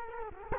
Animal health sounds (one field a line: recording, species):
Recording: mosquito wingbeat signal from an infrared sensor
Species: Culex quinquefasciatus